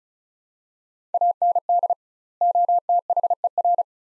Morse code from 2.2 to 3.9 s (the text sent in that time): OTHER